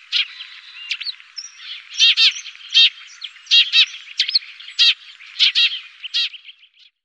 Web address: Faglar Sound Pilfink